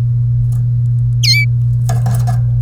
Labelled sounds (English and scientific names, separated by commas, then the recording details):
Domestic Canary (Serinus canaria) song
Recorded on 30 April 2018 at 14:21
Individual llb3